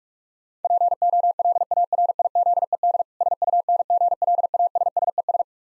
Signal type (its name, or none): Morse code